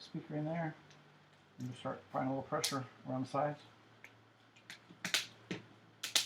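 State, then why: Seated. During reassembly after a glass replacement on a Samsung Galaxy Note 2, the plastic housing is lined up at the top by the earpiece speaker hole, then pressure is applied around the sides so its plastic retaining clips snap onto the phone body. Someone talks, then a few sharp clicks follow, with the clips snapping into place at about 5.1, 6.0 and 6.2 seconds. The housing is seated.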